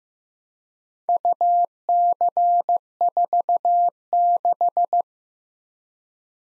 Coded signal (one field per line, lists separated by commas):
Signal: Morse code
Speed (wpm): 15 wpm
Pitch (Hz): 700 Hz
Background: none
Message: UC46